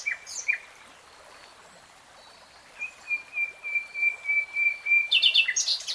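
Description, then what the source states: Nightingale song: brief notes, a pause, then a long pure whistle swelling in volume before quick high trilled notes. Nightingale singing, real time.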